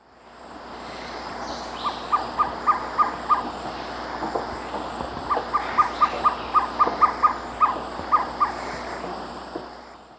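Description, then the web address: Amazonian Violaceous Trogon giving two quick bursts of repeated hollow notes, several per second, above a busy forest background. Eastern lowlands of South America. "Natures Songs S America Eastern Lowlands. Amazonian Violaceous Trogon"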